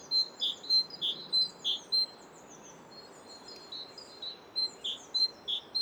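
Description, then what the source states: Great Tit repeating its strident two-tone 'teacher' phrase in two bursts separated by a short pause, notes clear and ringing over background noise. Classic 'teacher' song with two strident, forceful tones, repeated as 'teacher, teacher, teacher'; song has a ringing quality that carries above traffic.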